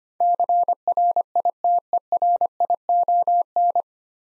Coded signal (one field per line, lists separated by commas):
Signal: Morse code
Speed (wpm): 25 wpm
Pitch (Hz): 700 Hz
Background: none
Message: CRITERION